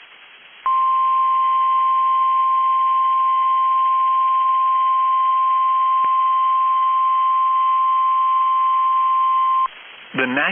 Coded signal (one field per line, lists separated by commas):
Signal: Emergency Alert System (SAME) tones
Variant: 1050 Hz attention tone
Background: speech